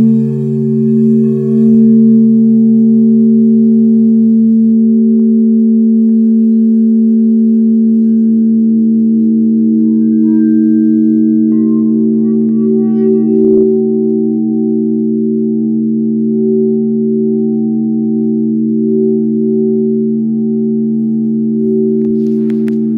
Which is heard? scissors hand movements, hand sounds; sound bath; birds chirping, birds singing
sound bath